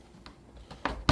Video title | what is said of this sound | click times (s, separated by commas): Laptop Screen Replacement Lenovo IdeaPad Y500 | up pop it into place see | 0.9 s, 1.1 s